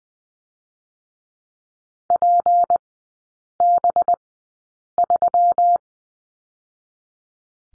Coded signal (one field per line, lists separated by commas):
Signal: Morse code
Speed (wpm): 20 wpm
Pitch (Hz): 700 Hz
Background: none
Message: PB3